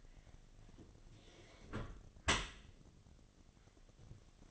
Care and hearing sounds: daily activity, microphone in the room; close dishwasher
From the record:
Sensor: 4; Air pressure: 1007.5 hPa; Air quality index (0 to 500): 200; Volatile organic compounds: 7 ppm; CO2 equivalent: 2000 ppm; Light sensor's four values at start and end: 22/70/27/26 and 22/71/27/26

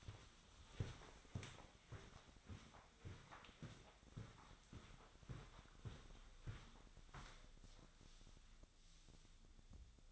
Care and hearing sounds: daily activity, microphone in the room; walk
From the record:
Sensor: 3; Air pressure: 1009.3 hPa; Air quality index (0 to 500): 192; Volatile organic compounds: 4 ppm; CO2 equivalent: 1552 ppm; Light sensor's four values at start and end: 31/72/34/38 and 56/143/63/65

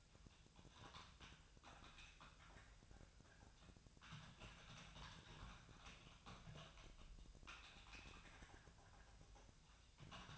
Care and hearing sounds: daily activity, microphone in the room; typing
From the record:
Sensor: 2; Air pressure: 999.1 hPa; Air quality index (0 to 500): 207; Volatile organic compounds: 35 ppm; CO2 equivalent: 3066 ppm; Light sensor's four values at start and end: 6/16/6/7 and 7/16/6/7

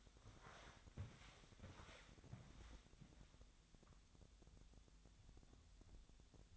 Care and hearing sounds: daily activity, microphone in the room; walk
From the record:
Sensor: 3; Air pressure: 1000.5 hPa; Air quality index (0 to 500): 163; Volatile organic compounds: 3 ppm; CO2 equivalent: 1424 ppm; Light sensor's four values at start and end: 16/41/16/18 and 16/41/16/18

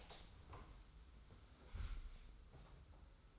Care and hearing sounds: daily activity, microphone in the room; open door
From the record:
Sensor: 3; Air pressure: 991.6 hPa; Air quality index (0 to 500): 150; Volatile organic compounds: 517 ppm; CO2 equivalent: 4841 ppm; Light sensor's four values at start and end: 45/124/50/44 and 45/124/50/44

